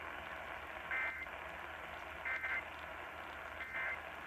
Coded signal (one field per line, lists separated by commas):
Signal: Emergency Alert System (SAME) tones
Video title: A great way to end of the month EAS# 333-342 from 10/25/20 - 10/30/20